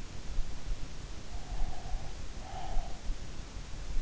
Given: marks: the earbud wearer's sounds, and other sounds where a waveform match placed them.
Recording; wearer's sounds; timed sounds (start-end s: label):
sounds in sleep by an in-ear microphone; breath
1.34-3.22 s: breath